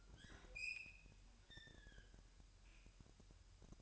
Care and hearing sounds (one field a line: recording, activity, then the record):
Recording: daily activity, microphone in the room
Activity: open fridge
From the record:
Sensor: 2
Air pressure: 1001.8 hPa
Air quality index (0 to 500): 248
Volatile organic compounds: 39 ppm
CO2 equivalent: 3124 ppm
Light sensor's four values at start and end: 8/28/11/10 and 8/28/11/10